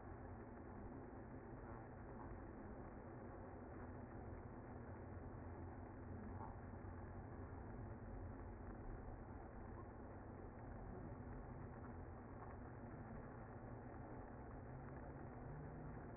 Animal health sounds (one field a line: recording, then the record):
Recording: honeybee colony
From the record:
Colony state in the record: active